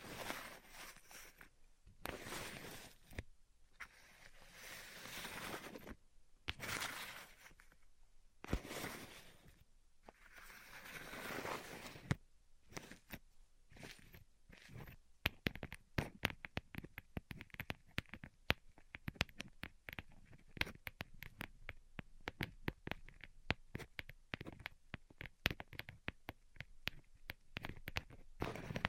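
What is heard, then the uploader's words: A band-aid is ripped off in a few rough, tearing bursts with pauses between, then gives way to rapid, dense crackling and clicking until the end. ASMR Ripping Off the Band Aid (No Talking).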